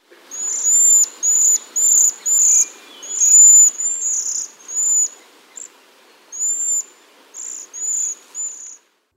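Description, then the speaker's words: Waxwing calls: thin, high, wispy trilled notes repeated irregularly, with brief pauses between groups. Flocks call constantly while flying from tree to tree, searching for fruit or snatching flying insects; wispy, insect-like call. "They fly from tree to tree, searching for fruit or snatching up flying insects, all the while uttering their wispy, insect-like call."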